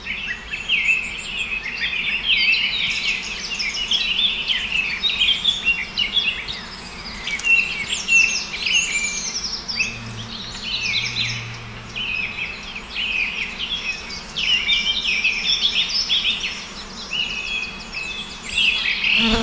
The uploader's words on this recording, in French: HautDiois-Forêtde la Sarcenna-26310Valdrôme-德龙，法国.